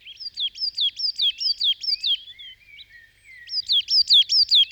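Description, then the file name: Coal tit delivering a steady series of high, repeated see-saw phrases, a short lull with soft thin notes, then the rhythmic phrases resume. "kosmos 93 tannenmeise"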